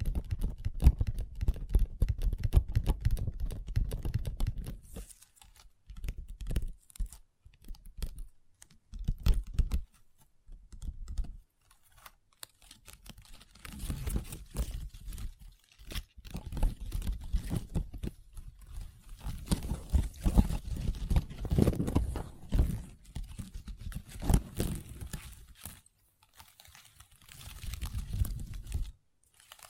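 Long nails tap and scratch across a tabletop in quick, uneven bursts, clicking much like fast typing. The activity comes in clusters separated by brief silences, with denser, heavier stretches around the start and between about 15 and 25 seconds.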